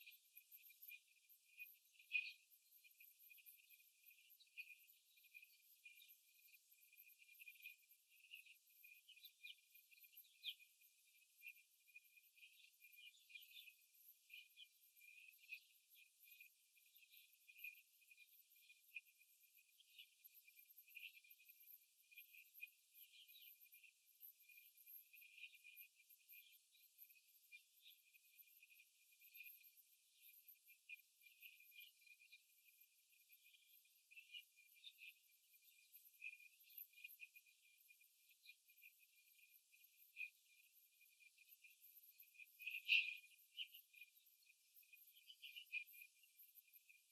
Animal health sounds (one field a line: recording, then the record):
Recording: young laying hens in a cage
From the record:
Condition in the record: after the stressor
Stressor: simulated dog barking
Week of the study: 3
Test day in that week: 2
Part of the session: 3